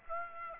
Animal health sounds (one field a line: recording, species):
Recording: mosquito wingbeat signal from an infrared sensor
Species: Aedes aegypti